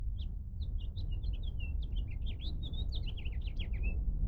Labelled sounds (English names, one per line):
House Finch song